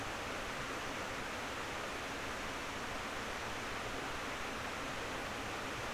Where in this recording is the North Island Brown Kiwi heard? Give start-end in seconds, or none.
none